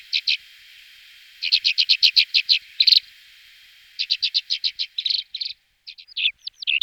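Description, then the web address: Alpine accentor singing bursts of rapid, evenly spaced chirping notes, ending in a scratchy warble. Song recorded in 2004. "singvoegel. gesang. roche 2004 alpenbraunelle"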